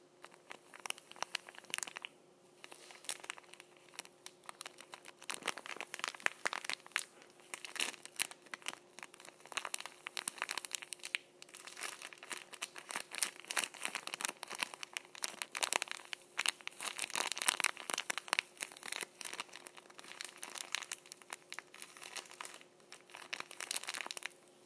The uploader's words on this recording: ASMR Gripping Tissues.